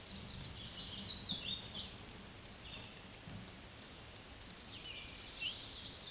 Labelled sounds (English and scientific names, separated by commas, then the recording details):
Hooded Warbler (Setophaga citrina) song
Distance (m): 10 m
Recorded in a Pennsylvania forest on 18 May 2023 at 12:59
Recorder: AudioMoth, point grid1_35_low
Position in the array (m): 154 m, 130 m